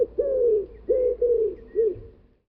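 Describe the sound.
Bird calls four clear hollow coos, the first long and gently falling, the rest shorter.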